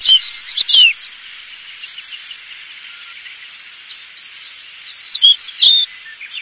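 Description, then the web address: Bird giving short, sharp chirps and slurred whistles at the start, then a quiet hiss, and another burst of chirps near the end. Recorded in Higashiosaka, Japan. "higashiosaka bird koe"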